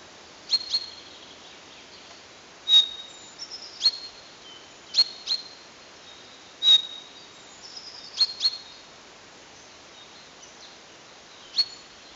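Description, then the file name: Common chaffinch calls, short sharp high notes given singly or in quick pairs at irregular intervals, with faint higher chips between them and a quiet background hiss. "Fringilla coelebs"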